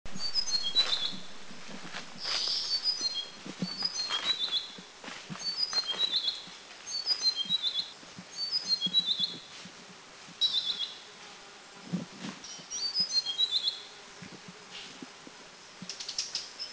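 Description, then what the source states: Hill blue flycatcher song: short bursts of high, sweet twittering notes, phrases repeated roughly every one to two seconds, over soft low rustling. Song, recorded in northern Thailand.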